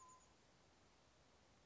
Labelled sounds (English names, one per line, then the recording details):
Chestnut-backed Chickadee
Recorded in Sonoma County, California